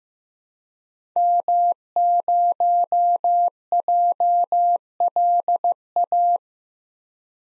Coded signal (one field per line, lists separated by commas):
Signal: Morse code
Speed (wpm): 15 wpm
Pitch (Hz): 700 Hz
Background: none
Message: M0JLA